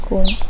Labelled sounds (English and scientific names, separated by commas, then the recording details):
Stitchbird (Notiomystis cincta) song
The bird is a male
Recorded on Tiritiri Matangi Island, New Zealand, in 2005
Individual 2, of nest box 2